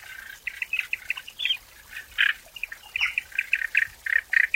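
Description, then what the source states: Frogs croaking in many short, harsh bursts in an irregular series. Calling in a forest.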